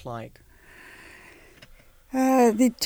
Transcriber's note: she sighs